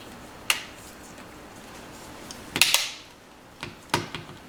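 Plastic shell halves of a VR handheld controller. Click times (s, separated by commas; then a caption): 0.5 s, 2.6 s, 3.9 s. After re-gluing the touch-pad button, the two plastic halves of a VIVE VR handheld controller's back end are pressed together so the shell clips engage. Sharp clicks sound at 0.5 s, 2.6 s and 3.9 s, with a few softer ticks between, as the clips snap closed and the shell seats.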